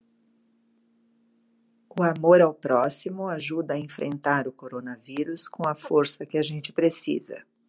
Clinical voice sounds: spoken sentence; Brazilian Portuguese; female; 50 to 59 years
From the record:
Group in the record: control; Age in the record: 55 years

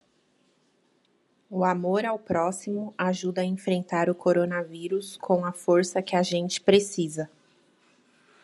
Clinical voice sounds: spoken sentence; Brazilian Portuguese; female; 30 to 39 years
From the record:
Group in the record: control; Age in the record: 34 years

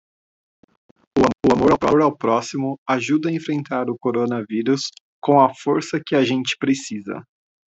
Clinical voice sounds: spoken sentence; Brazilian Portuguese; male; 30 to 39 years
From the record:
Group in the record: control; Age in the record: 35 years

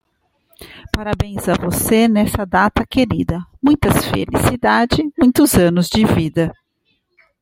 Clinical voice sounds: short text; Brazilian Portuguese; female; 40 to 49 years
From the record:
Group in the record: control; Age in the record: 41 years

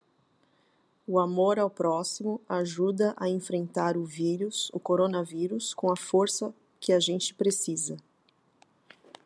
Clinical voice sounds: spoken sentence; Brazilian Portuguese; female; 40 to 49 years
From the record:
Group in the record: control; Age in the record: 48 years

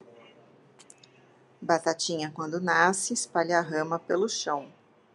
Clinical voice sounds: short text; Brazilian Portuguese; female; 40 to 49 years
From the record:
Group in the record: control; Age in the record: 49 years

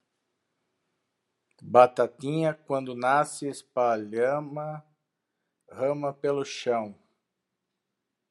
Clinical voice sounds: short text; Brazilian Portuguese; male; 50 to 59 years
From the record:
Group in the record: control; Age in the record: 58 years

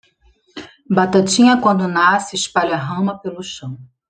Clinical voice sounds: short text; Brazilian Portuguese; female; 30 to 39 years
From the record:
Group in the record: control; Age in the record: 38 years

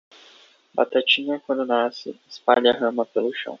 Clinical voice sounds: short text; Brazilian Portuguese; male; 20 to 29 years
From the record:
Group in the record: control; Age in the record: 25 years

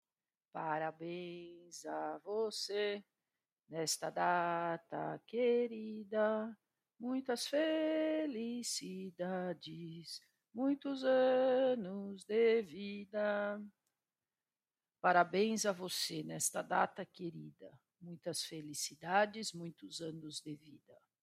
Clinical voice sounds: short text; Brazilian Portuguese; female; 40 to 49 years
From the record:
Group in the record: control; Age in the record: 48 years

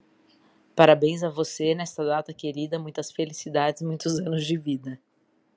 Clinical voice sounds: short text; Brazilian Portuguese; female; 40 to 49 years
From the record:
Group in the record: control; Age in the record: 45 years

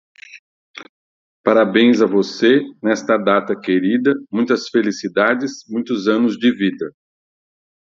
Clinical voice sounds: short text; Brazilian Portuguese; male; 50 to 59 years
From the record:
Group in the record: control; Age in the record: 55 years

